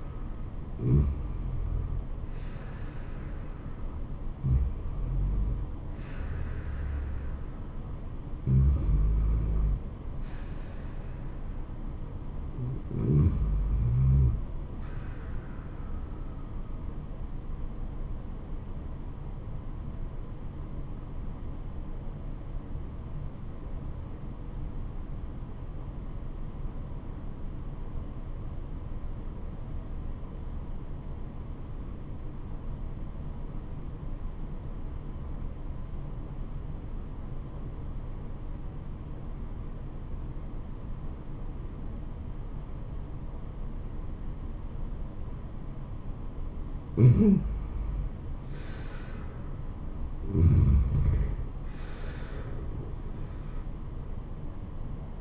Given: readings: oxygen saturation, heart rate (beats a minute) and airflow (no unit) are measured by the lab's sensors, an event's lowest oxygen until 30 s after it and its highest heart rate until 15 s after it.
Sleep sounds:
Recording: breathing in sleep by a smartphone at the bedside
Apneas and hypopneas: 1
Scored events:
5.00-55.21 s: new sleep stage, N1 (lightest sleep)
19.00-48.70 s: obstructive apnea (N1, oxygen 97% highest, then 79% lowest, heart rate 81 at the start, 81 highest)
From the record:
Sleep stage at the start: N2 (light sleep)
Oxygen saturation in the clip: 84 to 97%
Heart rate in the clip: 73 to 84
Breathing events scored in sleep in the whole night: 426 in 7.4 hours asleep

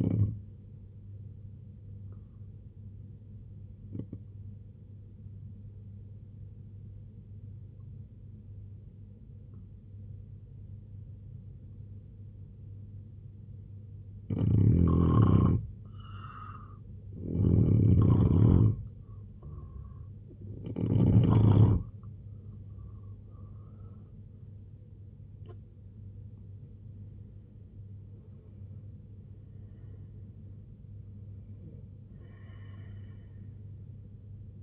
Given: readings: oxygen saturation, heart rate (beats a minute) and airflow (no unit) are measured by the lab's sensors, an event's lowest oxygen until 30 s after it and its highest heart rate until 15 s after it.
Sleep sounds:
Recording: breathing in sleep by a smartphone at the bedside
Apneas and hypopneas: 1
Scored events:
3.00-16.50 s: obstructive apnea (N1, oxygen 93% highest, then 86% lowest, heart rate 68 at the start, 94 highest)
From the record:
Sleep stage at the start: N1 (lightest sleep)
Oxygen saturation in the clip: 85 to 93%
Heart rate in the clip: 67 to 94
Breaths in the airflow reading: 6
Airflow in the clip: -10.7 to 13.4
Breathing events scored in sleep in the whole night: 258 in 7.4 hours asleep

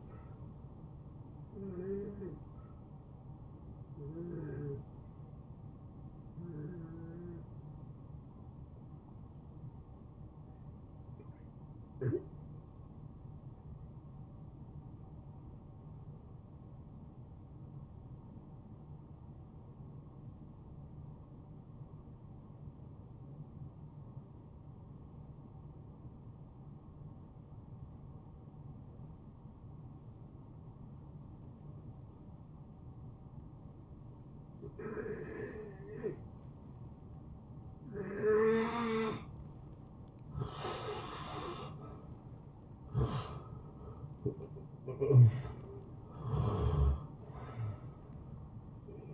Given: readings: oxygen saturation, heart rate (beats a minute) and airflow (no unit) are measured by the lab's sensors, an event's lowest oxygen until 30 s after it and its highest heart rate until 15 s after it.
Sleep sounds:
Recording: breathing in sleep by a smartphone at the bedside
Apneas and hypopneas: 1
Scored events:
8.00-41.40 s: hypopnea (N1, oxygen 95% highest, then 83% lowest, heart rate 72 at the start, 78 highest)
22.00-49.14 s: new sleep stage, N2 (light sleep)
From the record:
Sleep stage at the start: N1 (lightest sleep)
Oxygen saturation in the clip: 79 to 95%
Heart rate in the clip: 55 to 80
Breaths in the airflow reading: 10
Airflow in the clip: -16.9 to 8.9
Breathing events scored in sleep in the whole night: 263 in 5.5 hours asleep

